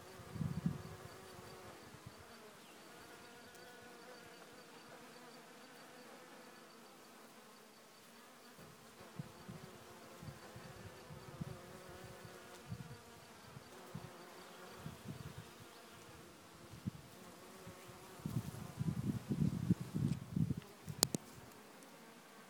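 Bees hum steadily in a dense drone with layered pitches, while occasional louder low buzzes pass by, especially near the end.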